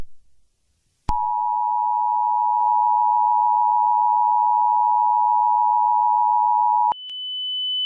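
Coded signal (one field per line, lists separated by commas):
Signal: Emergency Alert System (SAME) tones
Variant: 853 and 960 Hz attention tone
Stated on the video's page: Fictional EAS scenario about a purple minion attack, not a real alert.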